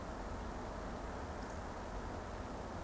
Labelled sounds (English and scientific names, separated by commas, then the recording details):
Eurasian Woodcock (Scolopax rusticola) whistle
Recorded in Baden-Württemberg, Germany, on 25 June 2020 at 20:24 UTC
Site 14569, 102 m above sea level